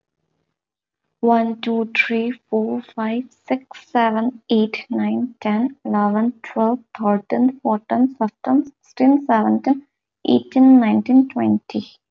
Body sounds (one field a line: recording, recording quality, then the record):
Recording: counting at a normal pace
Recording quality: excellent, no background noise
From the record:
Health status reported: healthy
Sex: female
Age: 23 years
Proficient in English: yes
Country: India